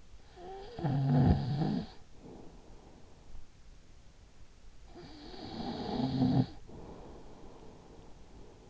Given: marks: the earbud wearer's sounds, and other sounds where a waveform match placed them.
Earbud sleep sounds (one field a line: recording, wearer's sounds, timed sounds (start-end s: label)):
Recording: sounds in sleep by an in-ear microphone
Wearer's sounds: snoring breath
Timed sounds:
0.30-3.90 s: snoring breath
4.65-8.70 s: snoring breath